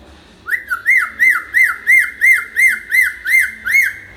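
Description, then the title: Hill myna whistling a series of about ten clear rising-and-falling notes, each repeated roughly every third of a second in a steady rhythm. Hill myna singing actively; recording made as a tutor for training other birds. "Suara Burung Beo Gacor Cocok Untuk Masteran"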